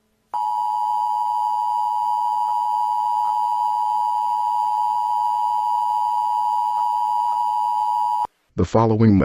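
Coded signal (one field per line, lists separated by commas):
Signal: Emergency Alert System (SAME) tones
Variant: 853 and 960 Hz attention tone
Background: speech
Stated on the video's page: Fictional mock EAS scenario.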